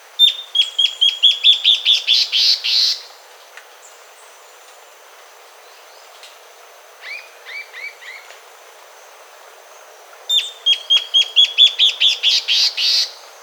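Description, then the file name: Bird song: a fast series of about a dozen bright notes ending buzzy, a few softer chirps midway, then the whole phrase repeats. "SABIOD 50 bird 2015"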